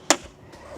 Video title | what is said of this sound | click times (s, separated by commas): Front Driver & Passenger Window Cover Install | you'll notice as soon as you get the shade close to that corner the magnets are going to snap into place | 0.1 s